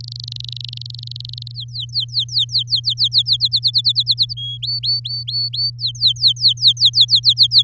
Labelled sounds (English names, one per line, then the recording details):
Domestic Canary song
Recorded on 8 May 2018 at 14:23
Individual llb16